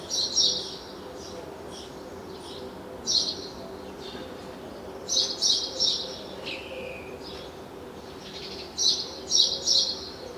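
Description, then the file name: House sparrow chirps, clustered bright chirps in short bursts of two or three, separated by pauses, one thin whistled note between. "Passer domesticus"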